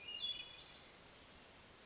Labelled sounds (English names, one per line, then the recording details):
Hermit Thrush
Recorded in Sonoma County, California